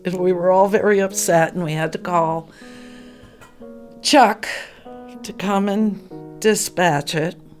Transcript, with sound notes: And we were all very upset. And we had to call [deep breath] Chuck... to come and dispatch it.